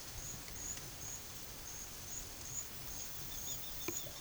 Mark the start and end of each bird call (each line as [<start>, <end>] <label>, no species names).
[2.87, 4.20] bird call